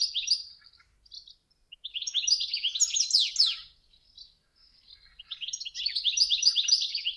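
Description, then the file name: Goldfinch singing a rapid, jumbled string of bright twitters, trills and buzzy notes in bursts, with brief quiet gaps between phrases. "ohakalind"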